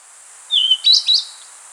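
Rufous-tailed flycatcher singing a short phrase: a thin level whistle followed by two quick, bright, up-and-down slurred notes.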